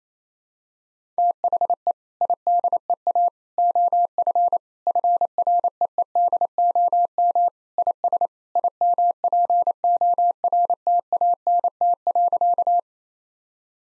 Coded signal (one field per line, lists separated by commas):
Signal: Morse code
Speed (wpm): 28 wpm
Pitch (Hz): 700 Hz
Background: none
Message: THE IDEA OF FREEDOM IS IMPORTANT.